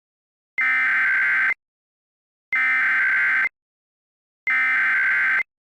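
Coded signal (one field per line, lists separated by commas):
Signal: Emergency Alert System (SAME) tones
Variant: header bursts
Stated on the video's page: Mock EAS alert about an Ohio outbreak, not a real broadcast.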